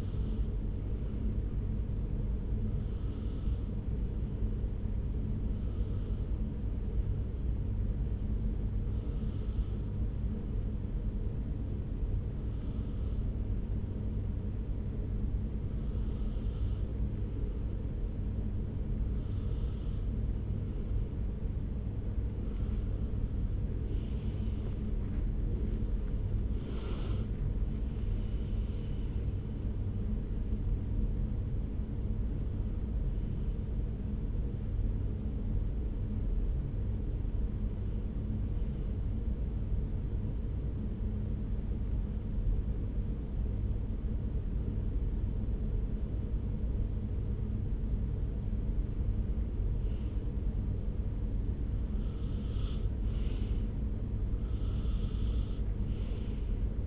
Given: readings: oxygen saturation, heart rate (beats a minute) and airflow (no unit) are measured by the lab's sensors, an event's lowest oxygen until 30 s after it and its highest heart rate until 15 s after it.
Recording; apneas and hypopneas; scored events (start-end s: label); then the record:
breathing in sleep by a smartphone at the bedside; 2
4.00-24.10 s: hypopnea (N2, oxygen 94% highest, then 93% lowest)
36.00-51.60 s: hypopnea (N2, oxygen 96% highest, then 93% lowest)
From the record:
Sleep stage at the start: N2 (light sleep); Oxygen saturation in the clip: 93 to 96%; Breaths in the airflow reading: 15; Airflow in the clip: -5.9 to 6.5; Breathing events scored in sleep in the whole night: 335 in 6.7 hours asleep